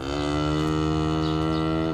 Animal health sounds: contact call of a hoofed animal; cattle; low-frequency (closed-mouth) or high-frequency (open-mouth) call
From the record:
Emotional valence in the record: negative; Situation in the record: full separation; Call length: 1.94 s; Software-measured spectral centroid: 1800 Hz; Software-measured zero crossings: 1160 a second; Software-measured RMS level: -24 dBFS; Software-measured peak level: -13 dBFS

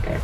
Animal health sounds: contact call of a hoofed animal; wild boar; grunt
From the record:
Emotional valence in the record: positive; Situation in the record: naturally occurring affiliative interactions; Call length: 0.24 s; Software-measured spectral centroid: 1960 Hz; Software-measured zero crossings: 900 a second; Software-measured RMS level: -24 dBFS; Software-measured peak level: -12 dBFS

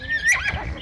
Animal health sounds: contact call of a hoofed animal; Przewalski's horse; whinny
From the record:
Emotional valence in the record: positive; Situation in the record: food anticipation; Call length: 0.81 s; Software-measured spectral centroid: 3920 Hz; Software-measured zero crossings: 3040 a second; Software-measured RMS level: -23 dBFS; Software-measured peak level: -14 dBFS

